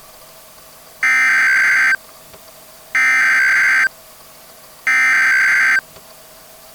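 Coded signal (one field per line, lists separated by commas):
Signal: Emergency Alert System (SAME) tones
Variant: header bursts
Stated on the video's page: Fictional EAS scenario.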